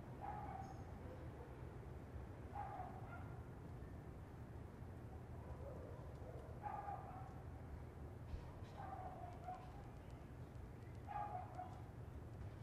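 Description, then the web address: Dog barking, faint single or doubled barks in five bouts, with a constant low hum of traffic beneath. Distant dogs in an urban residential area, with distant traffic in the background. "Lynne Music Urban-Residential-Dogs-Distant-Traffic-Long"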